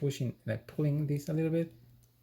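Someone talks while pulling on a piece of a 1/12 scale plastic VR-052F Variable Type Stick figure from Genesis Climber Mospeada by Sentinel, transforming the piece into the figure body. The part has not yet locked into place, and nothing has seated or clicked yet.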